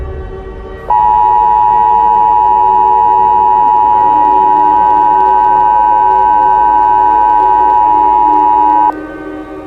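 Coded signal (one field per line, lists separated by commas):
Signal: Emergency Alert System (SAME) tones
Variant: 853 and 960 Hz attention tone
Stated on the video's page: Fictional EAS scenario with added music.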